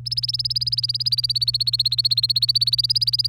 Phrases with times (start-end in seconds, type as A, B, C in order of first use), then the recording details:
0.06-3.29 A. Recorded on 27 April 2018 at 09:15. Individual llb3